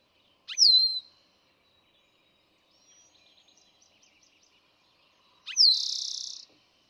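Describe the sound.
Eastern towhee: a sharp downslurred note, a pause with soft rapid chips, then a full song of a downslurred note and buzzy trill.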